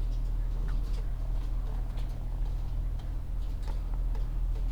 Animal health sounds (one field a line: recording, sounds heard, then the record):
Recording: poultry house recording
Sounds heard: sick chickens (respiratory disease)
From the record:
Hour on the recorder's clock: 14